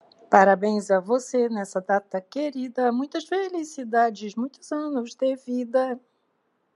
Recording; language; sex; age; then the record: short text; Brazilian Portuguese; female; 60 to 69 years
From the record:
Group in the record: control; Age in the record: 61 years